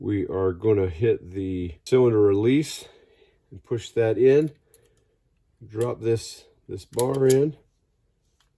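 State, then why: Seated. Someone talks while pressing the cylinder release on a Heritage Arms Rough Rider .22 revolver and dropping the cylinder base pin (bar) back in through the frame, with faint metallic ticks around 4.7 and 5.0 seconds. At 8.4 seconds, a short, solid click is heard as the pin catches in its detent, leaving it seated securely.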